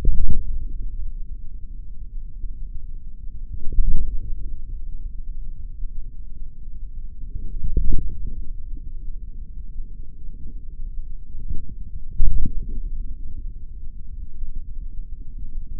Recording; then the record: forearm muscle sounds (acoustic myography)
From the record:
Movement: forearm supination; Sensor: system 3, bracelet of six PUI Audio POM-2738L microphones around the upper forearm, with dedicated amplification and filtering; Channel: 6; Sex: male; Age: 26 years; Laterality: right